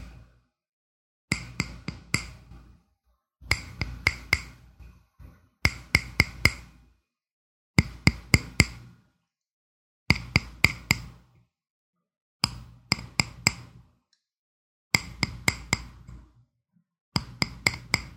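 Crisp wooden taps arrive in quick clusters of four or five, each burst about a second long, repeating roughly every two and a half seconds with dead silence between. The hits are sharp and bright, carrying a faint low thump and a short rustle around them.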